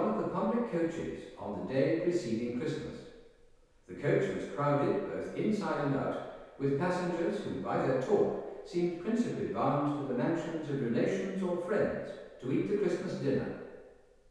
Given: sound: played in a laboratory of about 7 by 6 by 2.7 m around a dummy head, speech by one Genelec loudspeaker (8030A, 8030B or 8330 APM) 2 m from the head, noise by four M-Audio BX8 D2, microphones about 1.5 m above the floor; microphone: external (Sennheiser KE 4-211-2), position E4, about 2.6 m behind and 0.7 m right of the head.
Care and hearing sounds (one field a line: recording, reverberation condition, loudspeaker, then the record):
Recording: male speech in English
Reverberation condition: high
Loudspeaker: 90 degrees to the left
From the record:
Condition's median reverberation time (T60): about 1300 ms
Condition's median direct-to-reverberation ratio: about -4.0 dB